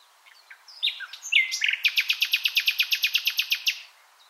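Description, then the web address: Common nightingale song opens with scattered notes, then a steady, rapid series of many loud, identical notes before stopping. "SETE Luscinia megarhynchos"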